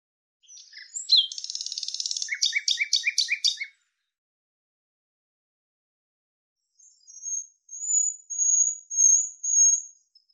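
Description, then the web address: Bird song: a buzzy, rattling trill with a handful of sharp chirps, then after a pause a series of thin, very high drawn-out whistles. Audio cleaned and normalized. "cianscape birddata Deverinetal 2025 File cleaned normalized Bird Lu Me Lu Me"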